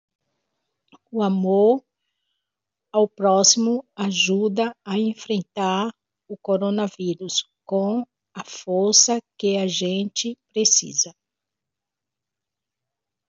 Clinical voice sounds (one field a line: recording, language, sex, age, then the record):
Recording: spoken sentence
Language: Brazilian Portuguese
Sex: female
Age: 60 to 69 years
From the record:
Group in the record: control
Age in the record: 62 years